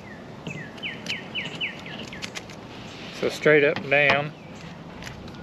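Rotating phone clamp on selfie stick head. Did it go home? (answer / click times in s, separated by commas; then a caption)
yes / 5.0 s, 5.1 s. A plastic phone clamp on the head of a selfie stick is rotated from portrait toward an angled position while someone talks and birds chirp in the background. It clicks into a detent stop at 5.0 s and 5.1 s, seating the phone holder in position.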